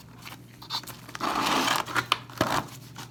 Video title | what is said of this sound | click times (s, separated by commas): Furnace humidifier LEAKING - Replace filter | And all you'll do here is push these little plastic tabs over the clips and you'll hear it click. | 2.1 s